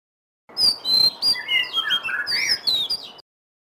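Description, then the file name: Magpie-robin singing one continuous run of clear whistles, slurred notes and short chirps for about three seconds over a faint background hiss. Black ('lutung') Cebu form. "suara kicauan kacer lutung cebu. omkicau"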